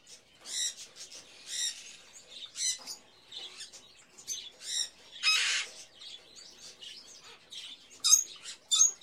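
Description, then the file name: Mixed captive birds chirping and squawking, short high bursts and harsh noisy calls overlapping at irregular intervals, with some sharp shrill notes near the end. Various birds in a pet shop, ambience. "Sound Ideas 2000 Series - Birds, Various Birds In A Pet Shop, Ambience"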